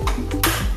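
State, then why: Seated. A venetian blind headrail is hung on the channel of its wall or ceiling mounting bracket and pressed upward. Two light taps come first at 0.1 and 0.3 seconds, then a sharp, louder click at 0.4 seconds. The headrail is seated and installed in the bracket.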